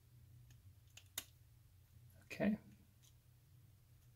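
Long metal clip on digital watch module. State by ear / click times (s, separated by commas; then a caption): released / 1.0 s, 1.2 s. A long silver metal clip on a Casio AE1200WH-1A digital watch module is pried backwards while being pushed down with the thumb, which releases it. Small clicks sound at 1.0 s and 1.2 s, the second sharper and louder. Someone then talks briefly around 2.4 s.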